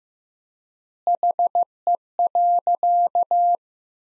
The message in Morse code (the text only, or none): HE.